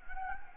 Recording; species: mosquito wingbeat signal from an infrared sensor; Anopheles gambiae